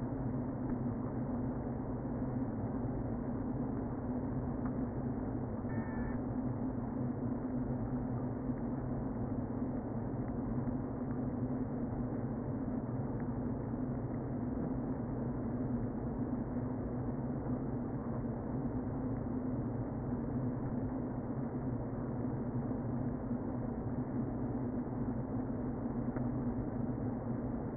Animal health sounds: honeybee colony, microphone inside the hive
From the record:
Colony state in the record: queen present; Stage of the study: before two queens were removed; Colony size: about 60,000 bees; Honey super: yes

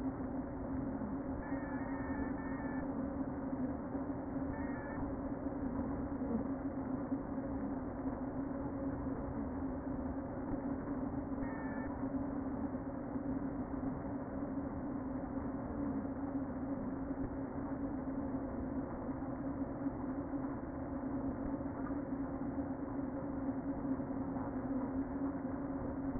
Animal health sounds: honeybee colony, microphone inside the hive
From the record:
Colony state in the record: queen present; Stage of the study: before two queens were removed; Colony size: about 60,000 bees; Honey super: yes

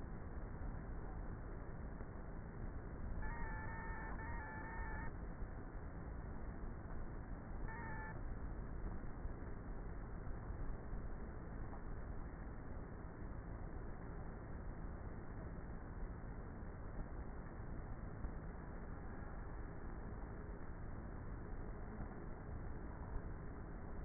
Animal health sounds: honeybee colony, microphone inside the hive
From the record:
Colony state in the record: queenless with a low population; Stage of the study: before two queens were removed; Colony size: about 30,000 bees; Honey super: no

